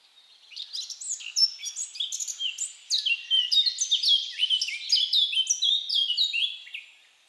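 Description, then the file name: Eurasian blackcap song, a rich, fast warbling of varied whistled and chattering high notes, delivered in near-continuous phrases for about six seconds. "Sylvia atricapilla"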